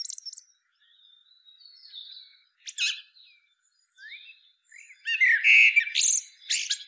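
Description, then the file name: Common blackbird making faint thin notes, a brief squeak, then a loud burst of warbled and squeaky twittering near the end. "Turdus merula"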